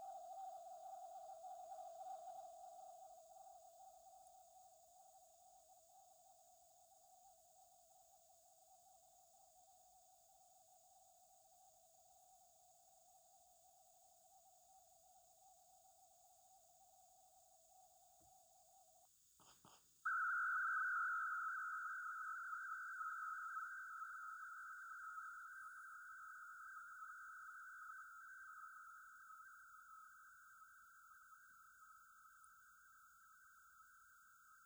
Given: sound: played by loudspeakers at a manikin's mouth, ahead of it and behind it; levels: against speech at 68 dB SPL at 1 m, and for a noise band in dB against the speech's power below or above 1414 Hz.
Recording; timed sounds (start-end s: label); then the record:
test signals for a remote microphone
0.00-19.05 s: noise band at 707 Hz, as loud as that band is in speech
19.43 s: click
19.68 s: click
20.05-34.66 s: noise band at 1414 Hz, as loud as that band is in speech
From the record:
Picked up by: remote receiver E, fed by microphone B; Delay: 43 ms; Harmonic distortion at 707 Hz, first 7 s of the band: under -35 dB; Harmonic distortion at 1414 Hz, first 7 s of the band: under -44 dB